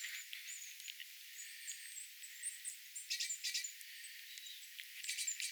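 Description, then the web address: Long-tailed tits calling in a flock, with high thin piping notes and bursts of rattly, buzzy trills, busiest in the second half. Calls of a small flock of small birds, a tit flock including long-tailed tits, recorded 27 January 2026. "paivat 27 1 2026 pikkulintuparvi pyrstotiais tiaisparven aantelya"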